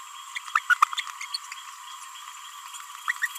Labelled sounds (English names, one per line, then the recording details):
Green-rumped Parrotlet babbling
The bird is a female
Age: 31 days
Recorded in a nest box in Venezuela
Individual 17B42A2